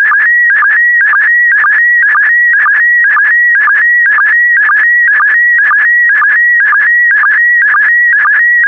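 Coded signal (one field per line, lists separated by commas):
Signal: SSTV (slow-scan television)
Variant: PD120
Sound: steady warbling tone around 1.9 kHz, chirping down about twice a second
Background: radio static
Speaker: the next image transmission will start in 10 seconds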